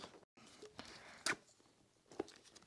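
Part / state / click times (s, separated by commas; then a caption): vacuum handle into upright vacuum body socket / not seated / none. The handle of an Oreck Discover upright vacuum is handled and pushed toward the body socket with its button lock, producing brief rustles and light knocks, the loudest near 1.3 s. Nothing has seated or clicked yet.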